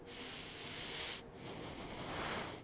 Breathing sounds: one breath in and out by a microphone near the nose and mouth; deep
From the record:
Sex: male

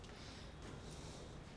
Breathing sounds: one breath in and out by a microphone near the nose and mouth; normal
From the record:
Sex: male

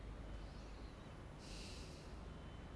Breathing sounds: one breath in and out by a microphone near the nose and mouth; normal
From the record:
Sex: male

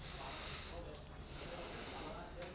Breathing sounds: one breath in and out by a microphone near the nose and mouth; deep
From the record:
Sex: male

